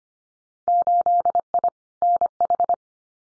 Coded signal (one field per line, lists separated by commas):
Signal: Morse code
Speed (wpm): 25 wpm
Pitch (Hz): 700 Hz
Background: none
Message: 8I NH